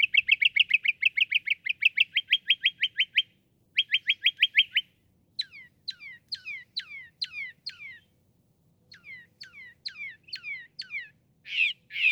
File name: Northern Mockingbird